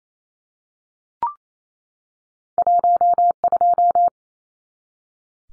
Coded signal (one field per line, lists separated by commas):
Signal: Morse code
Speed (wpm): 28 wpm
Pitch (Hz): 700 Hz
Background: none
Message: 12